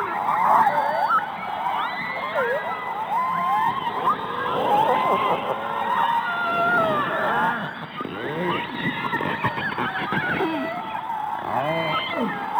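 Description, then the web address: Orca calls underwater: dense overlapping squeals, buzzy pulsed sweeps and arching tones, continuing throughout. Underwater recording. "subacuatica Audio archivos Orcas"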